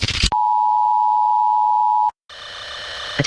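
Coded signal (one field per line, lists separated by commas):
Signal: Emergency Alert System (SAME) tones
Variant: 853 and 960 Hz attention tone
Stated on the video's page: Fictional British EAS scenario, played sped up.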